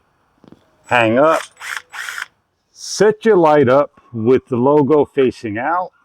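A solar pathway light head is being set onto its plastic ground stake pole with the logo facing out, ready to be locked into place. Someone talks throughout, with a few faint ticks and brief handling noises between phrases. Nothing has seated or clicked yet.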